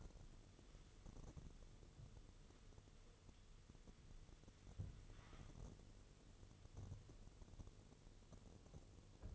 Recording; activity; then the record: daily activity, microphone in the room; wipe stove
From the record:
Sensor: 4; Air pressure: 1015.9 hPa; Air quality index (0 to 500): 107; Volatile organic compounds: 2 ppm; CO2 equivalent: 1201 ppm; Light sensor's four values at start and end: 9/19/7/7 and 9/19/7/7